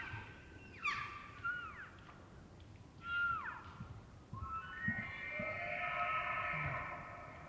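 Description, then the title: Elk calls: several arched, squealing notes early on, then a long, steady, harmonic whistled tone held for about three seconds, over a low rumbling background. Bull elk during the rut, morning of September 18, Colockum Wildlife Area, eastern Cascades, Washington; high plateau with ravines, dry grass, ponderosa pine, spruce and fir; after a night windstorm. "Elk Bull Roars Closer And Far With Challenges, Galloping, And Clashing Antlers"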